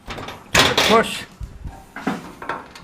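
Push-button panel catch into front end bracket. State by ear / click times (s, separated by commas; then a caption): seated / 2.5 s. Someone talks while the front end panel of a classic Mini race car is pushed onto its push-button catch brackets. Several knocks and taps follow, and a sharp click at 2.5 s marks the catch locking home, with the panel seated and held in place.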